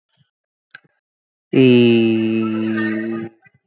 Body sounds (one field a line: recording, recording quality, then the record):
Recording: sustained vowel as in beet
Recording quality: moderate, slight background noise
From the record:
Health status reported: healthy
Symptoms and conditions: none ticked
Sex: male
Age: 35 years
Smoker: not ticked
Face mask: not worn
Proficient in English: yes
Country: India